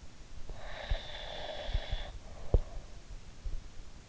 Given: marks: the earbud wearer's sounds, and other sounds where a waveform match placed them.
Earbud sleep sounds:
sounds in sleep by an in-ear microphone; breath
0.51-3.01 s: breath

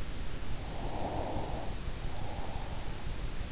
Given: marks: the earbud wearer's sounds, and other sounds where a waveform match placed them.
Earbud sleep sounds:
sounds in sleep by an in-ear microphone; breath
0.50-3.48 s: breath

